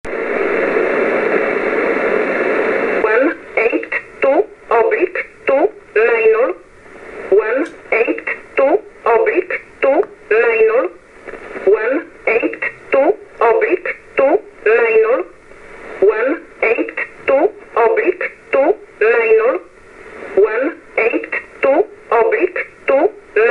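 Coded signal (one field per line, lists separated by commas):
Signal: numbers station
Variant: E11 Oblique, English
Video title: 15 08 2022 Numbers Station E11 Oblique in English to Eu 0830 on 15720 Warsaw in USB mode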